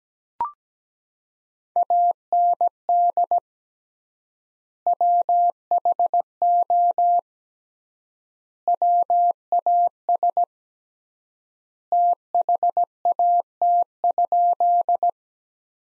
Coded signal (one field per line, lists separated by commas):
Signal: Morse code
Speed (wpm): 17 wpm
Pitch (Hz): 700 Hz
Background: none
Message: AND WHO WAS THAT?